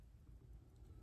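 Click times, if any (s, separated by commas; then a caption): none. A small watch component is being pressed into a watch assembly with pegwood sticks, heard as a low, steady rumble with faint handling noise and no sharp transients. Nothing has seated or clicked yet; the part is handled but not yet home.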